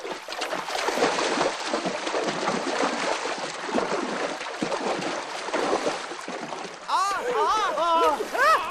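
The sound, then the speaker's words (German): Steady, churning splashes of people wading through river water toward an island for several seconds, followed by shouting voices with rising and falling cries over the continuing splashing. “Rüber auf die Insel, ihr Quastenflosser!”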